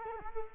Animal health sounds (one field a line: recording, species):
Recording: mosquito wingbeat signal from an infrared sensor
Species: Culex quinquefasciatus